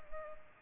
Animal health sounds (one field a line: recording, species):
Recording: mosquito wingbeat signal from an infrared sensor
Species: Culex pipiens